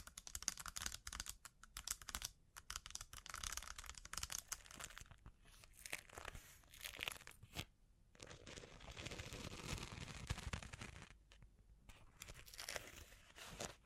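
Triggers of handled sparkly objects give a dense run of crinkling, crunching and rustling sounds. The first half is busy with quick, bright bursts. After about eight seconds it settles into a smoother, continuous scratchy rustle, with short pauses near 7.5 and 11.5 seconds.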